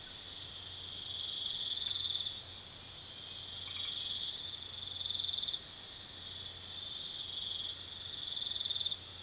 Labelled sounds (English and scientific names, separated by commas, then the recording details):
none
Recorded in pastures near Puerto Asís, Putumayo, Colombia, on 21 March 2025 at 00:00
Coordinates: 0.487, -76.322
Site G077